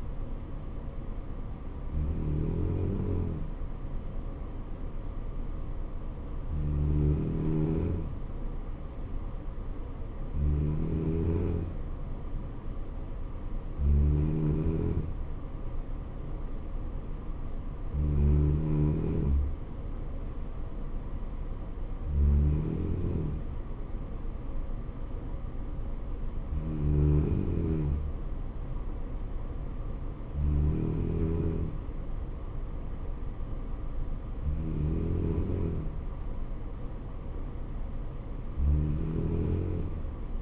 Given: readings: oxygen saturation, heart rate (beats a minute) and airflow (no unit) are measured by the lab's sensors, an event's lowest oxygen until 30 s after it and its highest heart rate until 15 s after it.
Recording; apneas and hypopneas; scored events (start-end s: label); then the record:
breathing in sleep by a smartphone at the bedside; none
none scored
From the record:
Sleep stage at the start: N3 (deep sleep); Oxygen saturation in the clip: 94 to 95%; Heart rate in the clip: 65 to 69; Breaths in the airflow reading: 10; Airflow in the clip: -3.4 to 2.9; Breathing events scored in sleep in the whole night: 79 in 6.3 hours asleep